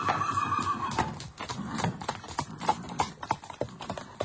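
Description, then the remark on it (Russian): A horse harnessed to a tarantass carriage lets out a long, wavering whinny as the driver strikes the horses, followed by a run of sharp, uneven hoof clops that grow more rhythmic toward the end. “Затем он сел в тарантас и со странным выражением, точно боясь погони, ударил по лошадям.”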